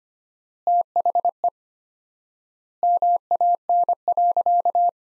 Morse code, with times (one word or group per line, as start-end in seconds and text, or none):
0.7-1.5 THE
2.8-4.9 MAN.